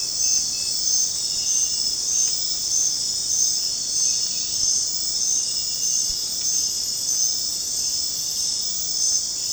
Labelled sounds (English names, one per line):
none